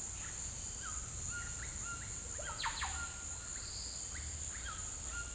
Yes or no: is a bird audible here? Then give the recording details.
yes. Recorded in pastures near Puerto Asís, Putumayo, Colombia, on 21 December 2024 at 17:00. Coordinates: 0.472, -76.329. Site G072